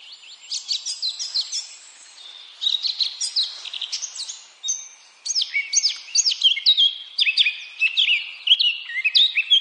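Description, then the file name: Eurasian blackcap singing a varied warble of quick chirps and downward-slurred whistles, broken by short gaps into several rapid, jumbled phrases. "Sylvia atricapilla"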